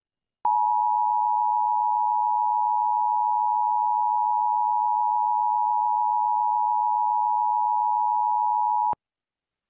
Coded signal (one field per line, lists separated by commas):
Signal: Emergency Alert System (SAME) tones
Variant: 853 and 960 Hz attention tone